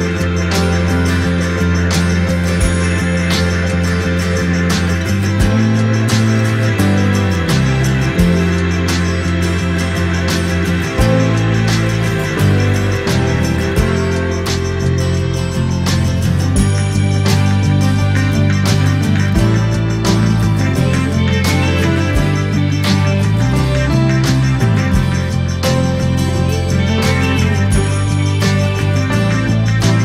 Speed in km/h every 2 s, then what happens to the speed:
5, 1, 0, 0, 0, 0, 12, 15, 17, 17, 16, 13, 8, 4, 0.
1-10 standing. 10-15 pulls away to 17. 15-21 steady at about 17. 21-27 slows to 0. 27-30 standing.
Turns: 17-24.